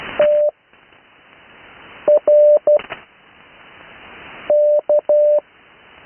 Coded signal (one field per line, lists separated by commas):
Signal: Morse code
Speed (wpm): 12 wpm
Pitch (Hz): 600 Hz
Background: none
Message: TRK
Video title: Morse code practice recorded live on 80m 12-08-2026